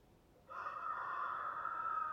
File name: Rooster Crowing Sound